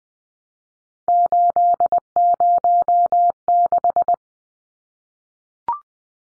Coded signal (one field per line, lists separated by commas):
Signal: Morse code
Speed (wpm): 20 wpm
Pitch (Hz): 700 Hz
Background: none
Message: 806